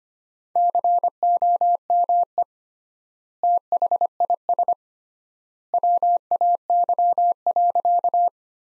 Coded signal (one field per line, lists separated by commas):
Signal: Morse code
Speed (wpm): 25 wpm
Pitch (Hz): 700 Hz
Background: none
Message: COME THIS WAY.